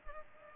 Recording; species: mosquito wingbeat signal from an infrared sensor; Culex pipiens